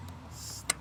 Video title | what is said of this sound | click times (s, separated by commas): 2006 Honda Accord 4-Cylinder Engine Rebuild II Assembly | snaps into place. | 0.7 s